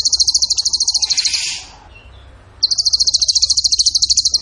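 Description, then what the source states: Bird song: high, rapid pulsed trills in fast rattling bursts, one burst fading into a softer hiss before a second trill resumes and runs to the end. Masteran (training recording) of a bird singing in the tembakan gacor style.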